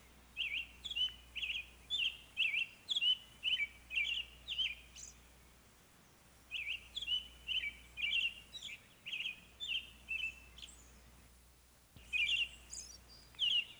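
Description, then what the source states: American robin song: runs of short phrases in several bursts separated by brief pauses. Rare breeder in the northwestern counties of Florida.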